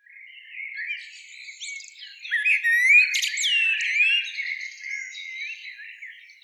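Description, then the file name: Common blackbird voicing quiet scratchy notes that lead into a louder burst of thin whistles and sweeping slurs, then trail off into soft chatter. "Turdus merula"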